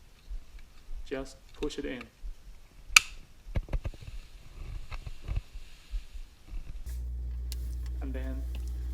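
A new water filter cartridge is pushed into the filter housing of an LG refrigerator while someone talks, with light handling knocks and a sharp tap around 3.0 s, and a steady low hum begins near 6.9 s. The cartridge has not yet been twisted clockwise to lock, so nothing has seated or clicked yet.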